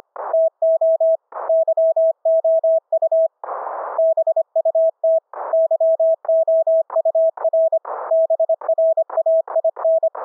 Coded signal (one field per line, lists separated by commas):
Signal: Morse code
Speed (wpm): 25 wpm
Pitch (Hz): 650 Hz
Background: none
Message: TO YOU BUT YOUR BRAIN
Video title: REMOTE RIG "audio OVER ip" FULL DUPLEX audio streaming - demo of VOICE and CW - remote laptop to RIG